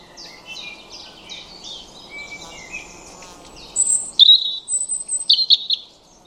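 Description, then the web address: European robin song: soft, varied high warbling at first, then a louder phrase of sharp, high trilled and tumbling notes. "Deverinetal 2025 File origin Bird Only Er Ru"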